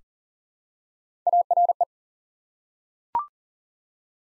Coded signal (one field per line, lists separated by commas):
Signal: Morse code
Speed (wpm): 40 wpm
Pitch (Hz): 700 Hz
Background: none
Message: ARE